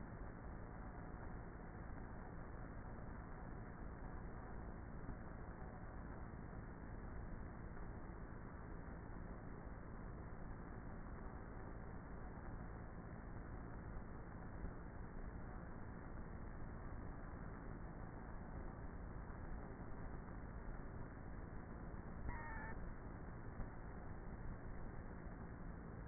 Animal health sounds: honeybee colony, microphone inside the hive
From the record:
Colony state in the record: queenless with a low population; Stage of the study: before two queens were removed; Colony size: about 30,000 bees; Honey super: no

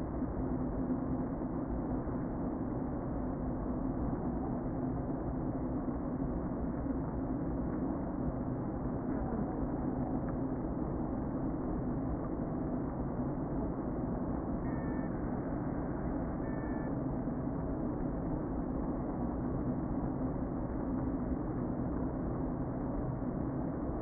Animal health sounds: honeybee colony, microphone inside the hive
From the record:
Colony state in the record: queen present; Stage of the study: before two queens were removed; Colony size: about 60,000 bees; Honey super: yes

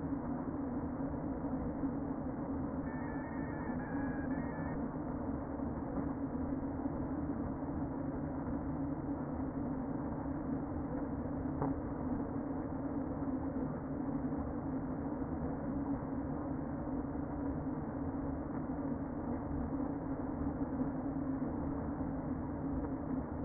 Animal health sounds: honeybee colony, microphone inside the hive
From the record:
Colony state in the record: queen present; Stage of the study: before two queens were removed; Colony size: about 60,000 bees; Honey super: yes

